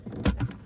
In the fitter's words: If you listen, you can hear it click in.